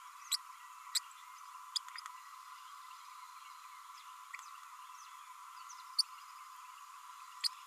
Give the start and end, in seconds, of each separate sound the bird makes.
0.31-0.36, 0.95-0.99, 1.75-1.78, 5.98-6.02, 7.44-7.48